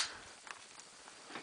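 The last corners of an OtterBox Defender Series plastic case shell are pressed onto an HTC EVO 4G smartphone. Two small sharp snaps are heard at 0.5 s and 0.8 s, with a faint soft tap near 1.4 s, over a low steady background hiss. The shell corners snap home and the case is seated.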